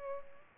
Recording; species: mosquito wingbeat signal from an infrared sensor; Culex pipiens